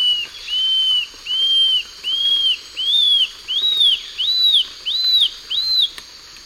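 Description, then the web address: Gray Antwren calling, a series of about eight clear arched whistled notes, each slightly higher than the last, given roughly every 0.7 seconds over a steady high hum. Eastern lowlands of South America. "Natures Songs S America Eastern Lowlands. Gray Antwren"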